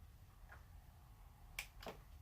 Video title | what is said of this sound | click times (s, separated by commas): How to Align or Straighten Forks / Front Wheel and Handlebars on a Motorcycle After a Crash | you hear the click do | 1.6 s